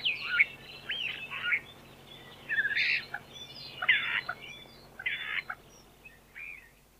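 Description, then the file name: Common starling singing a rambling medley of chirps, whistles and rasping notes, given in quick, uneven bursts. "skvoretz"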